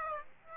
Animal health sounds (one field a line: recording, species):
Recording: mosquito wingbeat signal from an infrared sensor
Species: Aedes aegypti